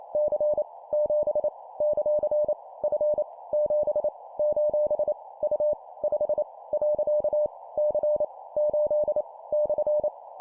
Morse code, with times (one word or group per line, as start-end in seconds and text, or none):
0.2-0.6 C
0.9-1.5 7
1.8-2.5 ;
2.8-3.2 F
3.5-4.1 7
4.4-5.1 :
5.4-5.7 U
6.0-6.4 5
6.7-7.5 .
7.8-8.2 C
8.6-9.2 8
9.5-10.1 /